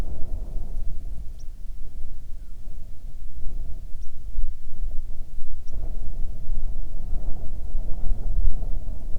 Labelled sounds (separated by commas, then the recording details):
songbird, wind
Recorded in the Prudhoe Bay oil fields, Alaska, on 9 June 2019 at 16:35
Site 21